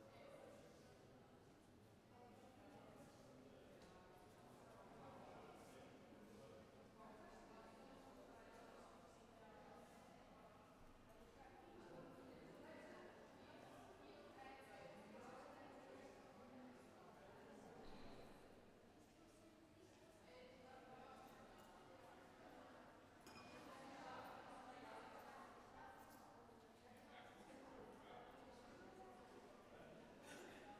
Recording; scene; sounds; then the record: everyday scene through a hearing-aid microphone; reverberant space; background noise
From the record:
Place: railway station hall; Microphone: behind the ear, left, front